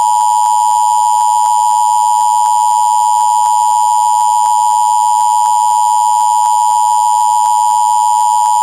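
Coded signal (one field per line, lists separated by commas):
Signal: Emergency Alert System (SAME) tones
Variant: 853 and 960 Hz attention tone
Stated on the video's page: Mock Required Monthly Test.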